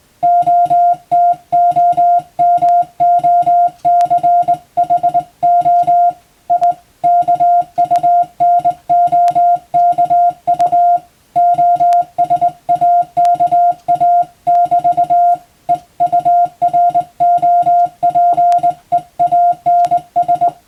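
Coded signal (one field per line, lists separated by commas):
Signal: Morse code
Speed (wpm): 20 wpm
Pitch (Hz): 700 Hz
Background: music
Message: OTOMOCHO IKUNOKU OSAKA <BT> EUROPEANS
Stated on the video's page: Morse sent by hand on a telegraph key as receiving practice for the radiotelegraph operator exam, from a telegram practice book.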